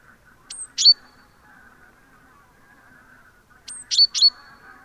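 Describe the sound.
Great tit giving high, sharp call notes: a thin whistle and a ringing chip, then after a pause a whistle and two chips, over soft background noise.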